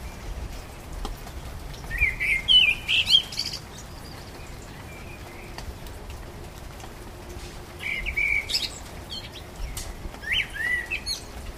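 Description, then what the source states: Common blackbird song: three short fluting warbled phrases spaced by long pauses, over steady low background noise. Recorded on 12 April 2010.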